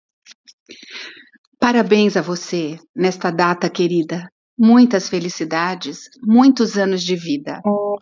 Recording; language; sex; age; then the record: short text; Brazilian Portuguese; female; 60 to 69 years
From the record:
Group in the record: control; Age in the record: 62 years